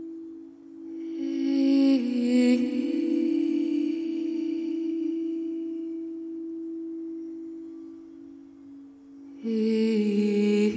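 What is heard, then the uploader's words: Sound bath tones ring out as a sustained low hum, with a bright shimmering layer swelling in around the first second and again near the ninth. Between these strikes the ringing fades slowly and steadily, leaving the low drone held throughout. Sound bath.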